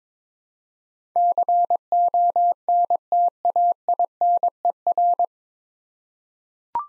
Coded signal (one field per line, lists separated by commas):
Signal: Morse code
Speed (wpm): 22 wpm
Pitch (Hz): 700 Hz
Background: none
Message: CONTAINER